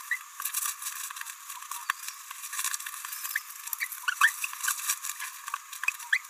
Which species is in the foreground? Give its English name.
Green-rumped Parrotlet